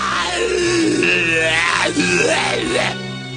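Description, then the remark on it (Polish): Loud, continuous screaming and wailing, with the pitch gliding up and down in long sweeping cries that rise and fall twice before fading slightly at the end. “Wrzeszczy tak, że nie słyszę własnych myśli.”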